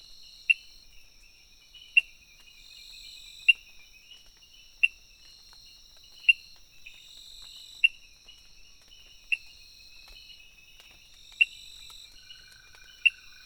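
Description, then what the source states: Frog calls as clipped ticks repeated around every second and a half, accompanied by constant high-pitched insect song. Recorded 23 June 2018, between 18:00 and 20:00.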